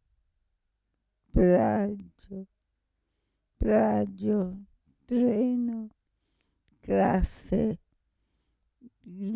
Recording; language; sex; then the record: read list of words; Italian; female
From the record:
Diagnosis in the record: Parkinson's disease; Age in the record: 65 years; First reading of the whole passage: 242 s, 2.1 characters per second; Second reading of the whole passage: 180 s, 2.9 characters per second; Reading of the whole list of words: 168 s, 1.7 characters per second